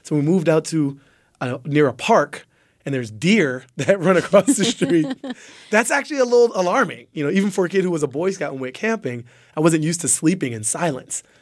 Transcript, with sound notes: So we moved out to - near a park, and there's deer that run across the street. (LAUGHTER) That's actually a little alarming, you know, even for a kid who was a Boy Scout and went camping. I wasn't used to sleeping in silence.